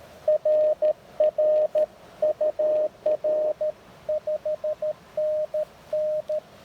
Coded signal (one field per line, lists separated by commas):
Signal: Morse code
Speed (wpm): 17 wpm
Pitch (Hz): 600 Hz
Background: radio noise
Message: RR UR 5NN